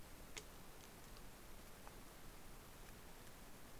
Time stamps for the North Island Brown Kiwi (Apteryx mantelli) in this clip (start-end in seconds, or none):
none